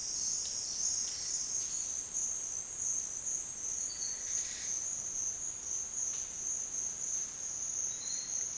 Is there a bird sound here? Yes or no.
yes